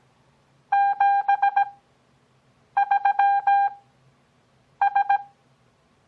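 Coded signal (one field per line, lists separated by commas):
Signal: Morse code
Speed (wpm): 17 wpm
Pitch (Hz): 800 Hz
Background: none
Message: 73S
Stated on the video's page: Morse copying practice as a mock contact between two fictitious stations, at Farnsworth speed of 6 WPM with 17 WPM character speed.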